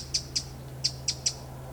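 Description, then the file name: Eurasian wren calls: five short, sharp high ticking notes in quick succession, spaced irregularly over under two seconds, with a faint low hum behind. "Troglodytes troglodytes"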